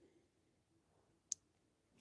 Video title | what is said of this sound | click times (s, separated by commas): Playmates TMNT X Godzilla Wave 1 Live Stream Unboxing! | There we go. There's a click. | 1.3 s